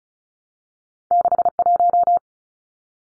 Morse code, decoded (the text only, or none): 61